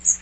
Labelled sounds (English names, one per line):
Magnolia Warbler flight call